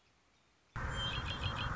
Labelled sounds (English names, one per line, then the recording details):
Red-winged Blackbird
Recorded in Sonoma County, California